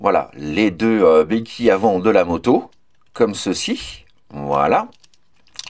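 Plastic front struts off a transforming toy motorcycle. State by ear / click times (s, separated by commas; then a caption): released / 5.6 s. Someone talks while unclipping the two plastic front struts of a transforming toy motorcycle's front section from their plastic clips, which frees things up. A few faint clicks sound near the end, and the struts release with a sharper click at 5.6 s.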